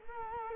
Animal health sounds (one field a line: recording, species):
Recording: mosquito wingbeat signal from an infrared sensor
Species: Culex quinquefasciatus